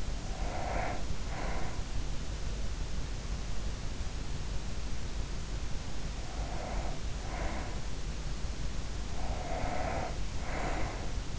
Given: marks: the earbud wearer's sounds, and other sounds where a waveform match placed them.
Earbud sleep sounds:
sounds in sleep by an in-ear microphone; breath
0.00-1.92 s: breath
6.00-8.15 s: breath
8.99-11.39 s: breath

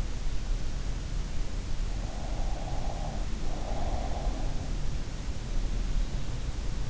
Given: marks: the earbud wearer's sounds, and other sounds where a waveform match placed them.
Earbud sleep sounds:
sounds in sleep by an in-ear microphone; breath
2.17-4.53 s: breath

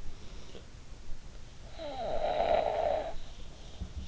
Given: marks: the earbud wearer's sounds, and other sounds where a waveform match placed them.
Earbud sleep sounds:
sounds in sleep by an in-ear microphone; snoring breath
0.79-3.94 s: snoring breath

